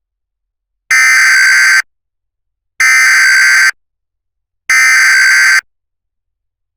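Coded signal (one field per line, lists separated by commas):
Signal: Emergency Alert System (SAME) tones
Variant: header bursts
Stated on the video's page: Fictional EAS scenario.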